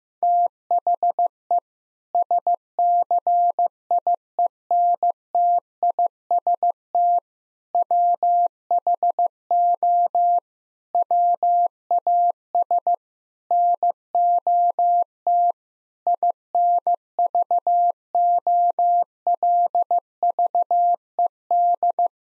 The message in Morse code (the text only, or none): THE SCIENTIST WHO WAS NOT INVOLVED